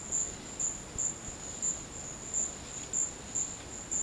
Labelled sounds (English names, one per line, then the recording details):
none
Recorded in dense forest near Puerto Asís, Putumayo, Colombia, on 19 March 2025 at 13:00
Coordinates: 0.500, -76.322
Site GP06